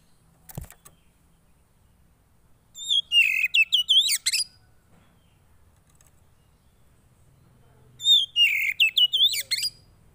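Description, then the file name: Oriental magpie-robin singing two phrases of quick whistled and chattering notes several seconds apart, with a brief click early on. Song played to provoke a caged Oriental magpie-robin into an excited response. "Burung kacer anda langsung emosi dengar ini"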